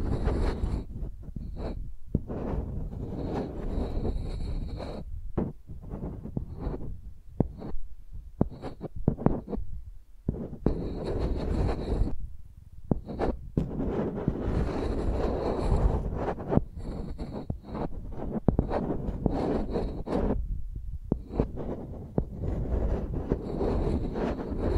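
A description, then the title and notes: Microphones are dragged and rubbed like pencils across a surface, making dense, scratchy strokes over a heavy low rumble and thumping. The strokes run nearly continuously, broken by brief pauses around 2, 5, 10, 12 and 20 seconds, with a faint high whine. Using Mics as Pencils (No Talking).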